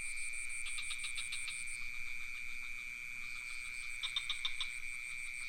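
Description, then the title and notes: Crickets trill in a steady high drone with a pulsing buzz above it, while bursts of rapid clicking frog calls break in near the start and around four seconds. Recorded near a pond in Ubud with some frogs calling; Sony PCM D50 recorder with Rode NT4 microphone. "Crickets and frogs in Ubud. Recorded near the pond in Ubud. Sublime frequencies of crickets and some frogs"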